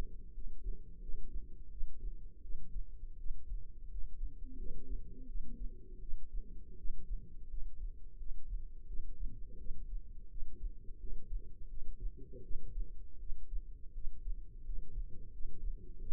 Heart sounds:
heart sounds by microphone in the left ear; 84 bpm
0.33 s: heartbeat
1.01 s: heartbeat
1.70 s: heartbeat
2.42 s: heartbeat
3.18 s: heartbeat
3.90 s: heartbeat
4.57 s: heartbeat
5.27 s: heartbeat
6.00 s: heartbeat
6.77 s: heartbeat
7.49 s: heartbeat
8.18 s: heartbeat
8.87 s: heartbeat
9.58 s: heartbeat
10.29 s: heartbeat
10.99 s: heartbeat
11.69 s: heartbeat
12.42 s: heartbeat
13.19 s: heartbeat
13.93 s: heartbeat
14.64 s: heartbeat
15.31 s: heartbeat
15.99 s: heartbeat
From the record:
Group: healthy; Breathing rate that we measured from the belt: 17 breaths a minute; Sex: female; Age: 22 years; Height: 161 cm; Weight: 65.5 kg

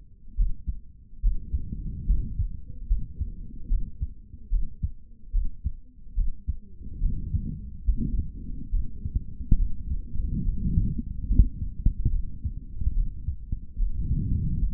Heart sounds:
heart sounds by stethoscope; 72 bpm
0.36 s: heartbeat
1.22 s: heartbeat
2.06 s: heartbeat
2.88 s: heartbeat
3.68 s: heartbeat
4.50 s: heartbeat
5.32 s: heartbeat
6.15 s: heartbeat
7.00 s: heartbeat
7.85 s: heartbeat
8.71 s: heartbeat
9.57 s: heartbeat
10.43 s: heartbeat
11.27 s: heartbeat
12.10 s: heartbeat
12.93 s: heartbeat
13.77 s: heartbeat
14.60 s: heartbeat
From the record:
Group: healthy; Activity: rest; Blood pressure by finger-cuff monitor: 112/79 mmHg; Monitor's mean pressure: 87 mmHg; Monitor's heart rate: 72 bpm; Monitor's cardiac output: 3.2 L/min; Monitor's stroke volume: 45 mL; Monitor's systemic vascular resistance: 1900 dyn s/cm5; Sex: male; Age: 55 years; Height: 167 cm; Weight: 57.2 kg

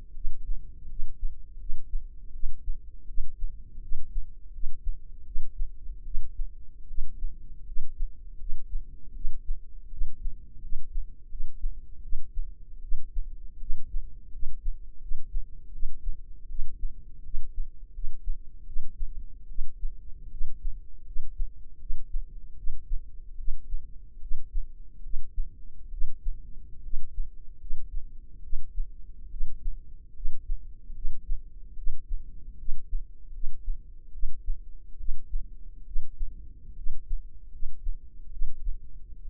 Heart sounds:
heart sounds by microphone in the left ear; 77 bpm
0.13 s: heartbeat
0.87 s: heartbeat
1.57 s: heartbeat
2.31 s: heartbeat
3.06 s: heartbeat
3.80 s: heartbeat
4.51 s: heartbeat
5.24 s: heartbeat
6.03 s: heartbeat
6.86 s: heartbeat
7.64 s: heartbeat
8.37 s: heartbeat
9.13 s: heartbeat
9.89 s: heartbeat
10.60 s: heartbeat
11.28 s: heartbeat
12.01 s: heartbeat
12.80 s: heartbeat
13.58 s: heartbeat
14.30 s: heartbeat
14.99 s: heartbeat
15.71 s: heartbeat
16.47 s: heartbeat
17.22 s: heartbeat
17.92 s: heartbeat
18.64 s: heartbeat
19.47 s: heartbeat
20.29 s: heartbeat
21.04 s: heartbeat
21.78 s: heartbeat
22.55 s: heartbeat
23.36 s: heartbeat
24.19 s: heartbeat
25.01 s: heartbeat
25.89 s: heartbeat
26.81 s: heartbeat
27.58 s: heartbeat
28.41 s: heartbeat
29.29 s: heartbeat
30.13 s: heartbeat
30.93 s: heartbeat
31.75 s: heartbeat
32.56 s: heartbeat
33.31 s: heartbeat
34.11 s: heartbeat
34.97 s: heartbeat
35.84 s: heartbeat
36.74 s: heartbeat
37.50 s: heartbeat
38.30 s: heartbeat
39.21 s: heartbeat
From the record:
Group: healthy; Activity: rest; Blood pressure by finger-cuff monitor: 108/73 mmHg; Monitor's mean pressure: 85 mmHg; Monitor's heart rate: 79 bpm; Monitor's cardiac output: 6.5 L/min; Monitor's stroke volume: 81 mL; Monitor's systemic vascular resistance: 970 dyn s/cm5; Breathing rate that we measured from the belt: 19 breaths a minute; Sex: female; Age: 22 years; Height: 157 cm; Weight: 47.6 kg

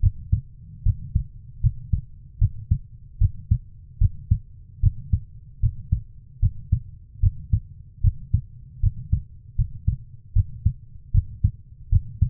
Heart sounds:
heart sounds by stethoscope; 76 bpm
0.00 s: heartbeat
0.83 s: heartbeat
1.61 s: heartbeat
2.39 s: heartbeat
3.18 s: heartbeat
3.99 s: heartbeat
4.80 s: heartbeat
5.60 s: heartbeat
6.40 s: heartbeat
7.20 s: heartbeat
8.01 s: heartbeat
8.80 s: heartbeat
9.56 s: heartbeat
10.33 s: heartbeat
11.12 s: heartbeat
11.90 s: heartbeat
From the record:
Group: healthy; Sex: female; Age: 24 years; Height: 163 cm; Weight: 55.7 kg

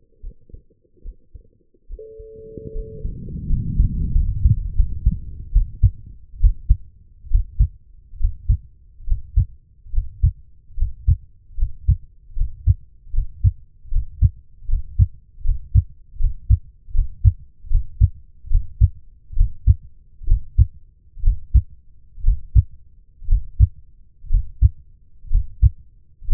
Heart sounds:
heart sounds by stethoscope; 71 bpm
0.21 s: heartbeat
1.02 s: heartbeat
1.87 s: heartbeat
2.72 s: heartbeat
3.47 s: heartbeat
4.12 s: heartbeat
4.75 s: heartbeat
5.52 s: heartbeat
6.40 s: heartbeat
7.30 s: heartbeat
8.19 s: heartbeat
9.06 s: heartbeat
9.92 s: heartbeat
10.76 s: heartbeat
11.56 s: heartbeat
12.35 s: heartbeat
13.12 s: heartbeat
13.90 s: heartbeat
14.67 s: heartbeat
15.43 s: heartbeat
16.18 s: heartbeat
16.93 s: heartbeat
17.69 s: heartbeat
18.49 s: heartbeat
19.35 s: heartbeat
20.26 s: heartbeat
21.22 s: heartbeat
22.23 s: heartbeat
23.27 s: heartbeat
24.29 s: heartbeat
25.30 s: heartbeat
26.27 s: heartbeat
From the record:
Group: healthy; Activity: breath hold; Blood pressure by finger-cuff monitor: 103/67 mmHg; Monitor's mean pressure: 76 mmHg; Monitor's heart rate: 71 bpm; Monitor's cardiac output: 5 L/min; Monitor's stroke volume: 71 mL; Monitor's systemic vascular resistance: 950 dyn s/cm5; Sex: female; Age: 23 years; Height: 160 cm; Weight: 50.4 kg

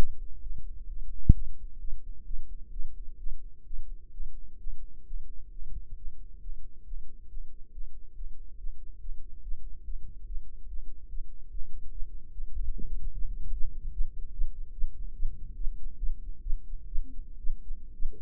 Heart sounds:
heart sounds by microphone in the right ear; 137 bpm
0.41 s: heartbeat
0.87 s: heartbeat
1.33 s: heartbeat
1.79 s: heartbeat
2.28 s: heartbeat
2.71 s: heartbeat
3.18 s: heartbeat
3.64 s: heartbeat
4.11 s: heartbeat
4.58 s: heartbeat
5.04 s: heartbeat
5.50 s: heartbeat
5.95 s: heartbeat
6.39 s: heartbeat
6.84 s: heartbeat
7.27 s: heartbeat
7.71 s: heartbeat
8.14 s: heartbeat
8.56 s: heartbeat
8.99 s: heartbeat
9.41 s: heartbeat
9.83 s: heartbeat
10.25 s: heartbeat
10.66 s: heartbeat
11.07 s: heartbeat
11.48 s: heartbeat
11.89 s: heartbeat
12.30 s: heartbeat
12.71 s: heartbeat
13.11 s: heartbeat
13.52 s: heartbeat
13.92 s: heartbeat
14.33 s: heartbeat
14.74 s: heartbeat
15.15 s: heartbeat
15.57 s: heartbeat
15.99 s: heartbeat
16.43 s: heartbeat
16.88 s: heartbeat
17.40 s: heartbeat
17.95 s: heartbeat
From the record:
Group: healthy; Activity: rest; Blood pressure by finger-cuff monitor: 147/83 mmHg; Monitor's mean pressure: 98 mmHg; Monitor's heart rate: 131 bpm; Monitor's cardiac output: 9.6 L/min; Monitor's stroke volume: 72 mL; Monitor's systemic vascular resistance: 730 dyn s/cm5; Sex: female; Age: 19 years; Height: 163 cm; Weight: 51 kg

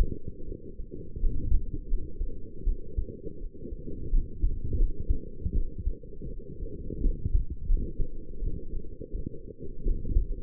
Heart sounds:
heart sounds by stethoscope; 83 bpm
0.45 s: heartbeat
1.21 s: heartbeat
1.87 s: heartbeat
2.64 s: heartbeat
3.39 s: heartbeat
4.11 s: heartbeat
4.77 s: heartbeat
5.53 s: heartbeat
6.28 s: heartbeat
7.01 s: heartbeat
7.67 s: heartbeat
8.39 s: heartbeat
9.11 s: heartbeat
9.83 s: heartbeat
From the record:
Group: healthy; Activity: light exercise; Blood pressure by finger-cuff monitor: 99/66 mmHg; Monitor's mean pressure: 79 mmHg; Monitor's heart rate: 80 bpm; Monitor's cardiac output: 6.3 L/min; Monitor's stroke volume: 77 mL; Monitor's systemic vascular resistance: 900 dyn s/cm5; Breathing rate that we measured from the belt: 19 breaths a minute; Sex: female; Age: 22 years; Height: 160 cm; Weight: 45 kg

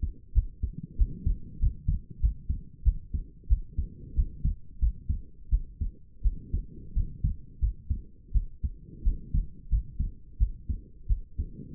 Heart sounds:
heart sounds by stethoscope; 89 bpm
0.33 s: heartbeat
0.97 s: heartbeat
1.59 s: heartbeat
2.20 s: heartbeat
2.83 s: heartbeat
3.47 s: heartbeat
4.14 s: heartbeat
4.79 s: heartbeat
5.49 s: heartbeat
6.22 s: heartbeat
6.93 s: heartbeat
7.59 s: heartbeat
8.32 s: heartbeat
9.02 s: heartbeat
9.69 s: heartbeat
10.37 s: heartbeat
11.07 s: heartbeat
From the record:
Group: healthy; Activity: rest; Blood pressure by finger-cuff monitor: 82/56 mmHg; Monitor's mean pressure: 64 mmHg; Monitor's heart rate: 89 bpm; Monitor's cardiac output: 6.9 L/min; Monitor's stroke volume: 79 mL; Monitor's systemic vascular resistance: 660 dyn s/cm5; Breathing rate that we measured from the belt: 23 breaths a minute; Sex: female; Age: 19 years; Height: 163 cm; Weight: 48.9 kg

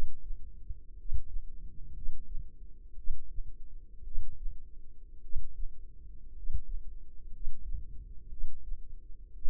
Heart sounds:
heart sounds by microphone in the left ear; 57 bpm
0.95 s: heartbeat
1.92 s: heartbeat
2.95 s: heartbeat
4.02 s: heartbeat
5.20 s: heartbeat
6.32 s: heartbeat
7.30 s: heartbeat
8.28 s: heartbeat
9.33 s: heartbeat
From the record:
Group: healthy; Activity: rest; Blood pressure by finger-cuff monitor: 103/51 mmHg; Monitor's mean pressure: 64 mmHg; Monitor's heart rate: 56 bpm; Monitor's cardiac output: 5.1 L/min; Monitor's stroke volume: 92 mL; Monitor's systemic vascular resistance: 890 dyn s/cm5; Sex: male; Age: 25 years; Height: 170 cm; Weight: 70.4 kg

